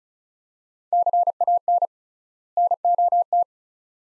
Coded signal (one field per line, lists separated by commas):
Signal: Morse code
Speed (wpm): 36 wpm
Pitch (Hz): 700 Hz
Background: none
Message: CAN NOT